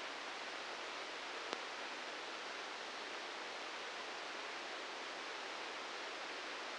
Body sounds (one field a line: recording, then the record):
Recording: brain microelectrode recording played as sound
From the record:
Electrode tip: outside the subthalamic nucleus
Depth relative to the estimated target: -3 mm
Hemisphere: right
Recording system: NeuroSet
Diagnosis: Parkinson's disease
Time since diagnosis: 19 years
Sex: female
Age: 69 years